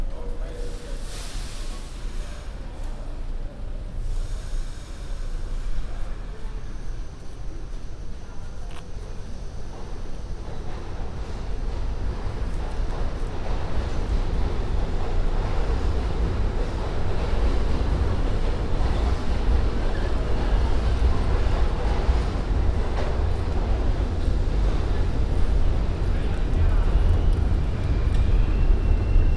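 A binaural recording made on the way through the MTA, filled with a constant deep rumble of moving transit. The roar thickens and grows louder after about ten seconds, with rattling and hiss layered over it and faint voices now and then.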